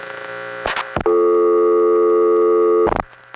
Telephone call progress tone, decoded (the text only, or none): dial tone